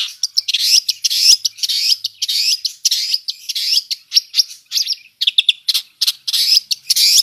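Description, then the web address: Long-tailed shrike song: continuous jumble of buzzy, scratchy notes and looping whistled phrases, rapid and irregular throughout. Full song with imitations, called gacor in the local style. "cendet suara-cendet-gacor-full-isian"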